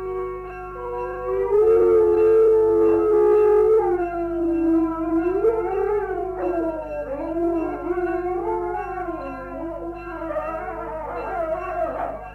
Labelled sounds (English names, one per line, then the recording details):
Gray Wolf howling
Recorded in captivity
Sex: group
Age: adult
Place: Zoo Halle, Sachsen-Anhalt, DE
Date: 1957-03-04
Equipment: BG 19/2, RFT-Super 5 E 63, Kondensatormikrofon mit MVT 4050
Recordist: Heydecke, Rolf